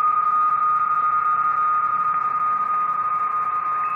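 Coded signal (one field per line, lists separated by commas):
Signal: PSK31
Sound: a steady, slightly warbling tone near 1.2 kHz over constant band hiss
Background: radio static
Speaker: there's a strong ka v b JC calling c.q right there as a very strong signal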